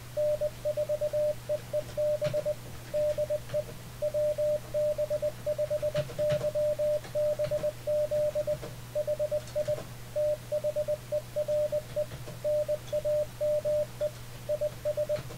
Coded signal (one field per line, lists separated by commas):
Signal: Morse code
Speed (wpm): 20 wpm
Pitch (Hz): 600 Hz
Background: radio noise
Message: N4EEB DE WB5YBZ HI THERE NAME IS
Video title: How to Send and Receive CW Ham Radio Deluxe HDR Icom 7300